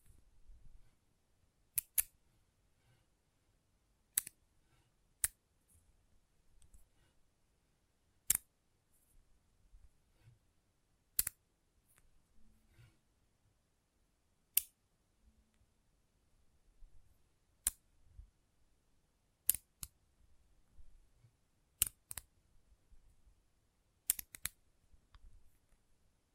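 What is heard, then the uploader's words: Magnetic tingles: sharp, bright snaps ring out one at a time against near silence, roughly every one to three seconds at an uneven pace, sometimes in quick pairs. Soft low rustling and handling noises fill the gaps between snaps. ASMR Intense Magnetic Tingles (No Talking).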